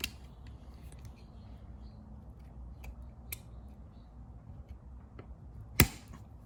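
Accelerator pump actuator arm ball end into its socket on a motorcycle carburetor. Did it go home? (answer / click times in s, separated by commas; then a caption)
yes / 5.8 s. A screwdriver pushes the ball end of the accelerator pump actuator arm into its socket on a Keihin FCR motorcycle carburetor being rebuilt. Faint small ticks and handling noises sit over a low background hum, then a sharp, loud pop at 5.8 s. The ball end seats and clips in.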